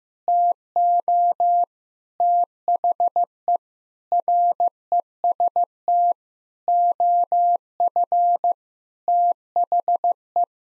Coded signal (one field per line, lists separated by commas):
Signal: Morse code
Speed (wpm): 15 wpm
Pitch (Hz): 700 Hz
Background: none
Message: TO THE REST OF THE